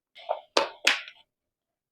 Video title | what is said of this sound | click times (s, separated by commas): 12 Trending Home & Kitchen Tools & Gadgets from Meesho 💁Space saving Kitchen items /Home Needs haul | பார்த்தீங்கன்னா நல்லா lock ஆயிடுச்சு. | 0.6 s